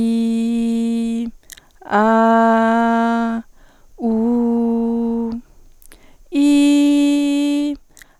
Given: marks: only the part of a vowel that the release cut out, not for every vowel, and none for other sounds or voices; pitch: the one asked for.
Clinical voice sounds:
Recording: sustained vowels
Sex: female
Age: 20 to 29 years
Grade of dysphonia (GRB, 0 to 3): 0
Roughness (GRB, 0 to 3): 0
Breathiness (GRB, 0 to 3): 0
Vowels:
0.00-1.14 s: vowel /i/, normal pitch
2.11-3.27 s: vowel /a/, normal pitch
4.18-5.18 s: vowel /u/, normal pitch
6.52-7.56 s: vowel /i/, high pitch
From the record:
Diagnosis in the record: healthy voice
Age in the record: 22 years

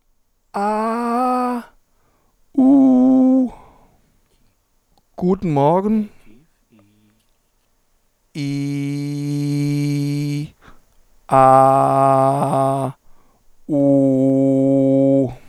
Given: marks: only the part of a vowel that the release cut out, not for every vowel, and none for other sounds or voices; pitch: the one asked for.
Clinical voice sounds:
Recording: sustained vowels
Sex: male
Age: 40 to 49 years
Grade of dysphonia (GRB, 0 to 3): 2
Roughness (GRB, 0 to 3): 2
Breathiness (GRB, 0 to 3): 2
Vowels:
0.60-1.51 s: vowel /a/, high pitch
2.91-3.41 s: vowel /u/, high pitch
8.45-10.33 s: vowel /i/, low pitch
11.56-12.81 s: vowel /a/, low pitch
13.77-15.18 s: vowel /u/, low pitch
From the record:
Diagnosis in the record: papilloma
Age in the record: 44 years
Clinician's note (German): Zustand nach Abtragung, postoperativer phonatorischer Stillstand rechts

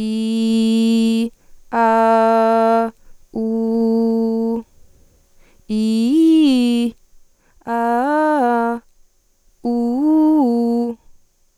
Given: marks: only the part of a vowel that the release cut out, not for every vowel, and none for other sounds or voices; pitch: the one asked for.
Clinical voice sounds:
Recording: sustained vowels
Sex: female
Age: 18 to 19 years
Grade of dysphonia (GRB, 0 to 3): 0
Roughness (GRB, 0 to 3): 0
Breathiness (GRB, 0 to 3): 0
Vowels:
0.24-1.12 s: vowel /i/, low pitch
1.97-2.78 s: vowel /a/, low pitch
3.55-4.42 s: vowel /u/, low pitch
5.83-6.80 s: vowel /i/, low-high-low pitch
7.82-8.68 s: vowel /a/, low-high-low pitch
9.81-10.85 s: vowel /u/, low-high-low pitch
From the record:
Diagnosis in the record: healthy voice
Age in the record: 19 years

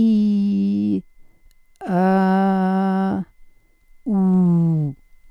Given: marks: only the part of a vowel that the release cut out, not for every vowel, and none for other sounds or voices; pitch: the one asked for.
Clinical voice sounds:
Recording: sustained vowels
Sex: female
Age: 60 to 69 years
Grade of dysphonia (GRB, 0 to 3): 1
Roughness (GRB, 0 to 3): 1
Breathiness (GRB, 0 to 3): 1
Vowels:
0.00-0.90 s: vowel /i/, normal pitch
1.97-3.09 s: vowel /a/, normal pitch
4.12-4.78 s: vowel /u/, normal pitch
From the record:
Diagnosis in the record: dysphonia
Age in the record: 68 years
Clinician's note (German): Beginnender Laryngospasmus

